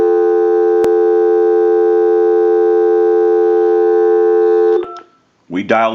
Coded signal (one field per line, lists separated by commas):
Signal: telephone call progress tone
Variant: North America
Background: speech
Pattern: dial tone